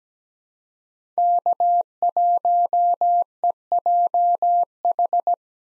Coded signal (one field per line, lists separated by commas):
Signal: Morse code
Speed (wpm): 17 wpm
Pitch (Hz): 700 Hz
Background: none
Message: K1EJH